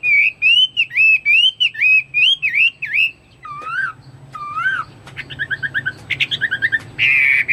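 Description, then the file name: Chinese hwamei song with repeated clear whistles in a steady rhythm, then lower slurred notes, followed by short doubled notes and a final broader burst. "omkicau hwamei"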